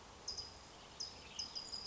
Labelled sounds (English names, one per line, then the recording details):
California Towhee
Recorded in Sonoma County, California